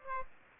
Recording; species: mosquito wingbeat signal from an infrared sensor; Aedes aegypti